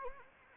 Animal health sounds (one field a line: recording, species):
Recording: mosquito wingbeat signal from an infrared sensor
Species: Anopheles gambiae